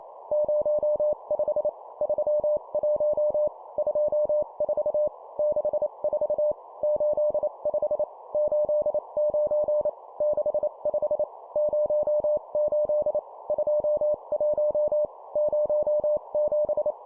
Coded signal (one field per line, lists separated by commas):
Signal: Morse code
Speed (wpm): 28 wpm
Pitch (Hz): 600 Hz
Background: none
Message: 05 31 24 64 85 89 65 08 21 07